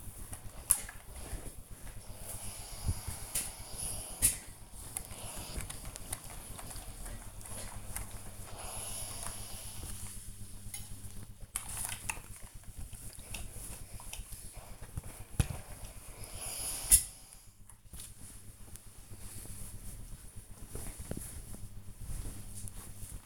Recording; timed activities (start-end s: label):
household activities, microphone on the right wrist
0.00-23.26 s: ironing laundry